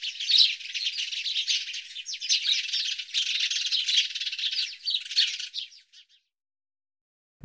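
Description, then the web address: House sparrow chattering calls, a dense run of harsh overlapping chirps for nearly six seconds, then fading into silence. "IVN Zangvogels. Huismus"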